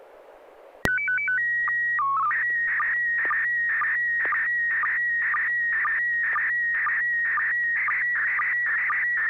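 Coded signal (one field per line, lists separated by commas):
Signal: SSTV (slow-scan television)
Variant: PD 120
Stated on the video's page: SSTV net on FM repeater, 441.300 MHz.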